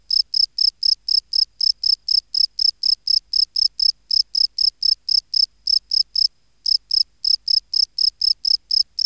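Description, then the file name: Field cricket calling with rapid regular chirps, one short break before the final run of chirps, clean quiet background. "Bio Acoustica. Gryllus campestris"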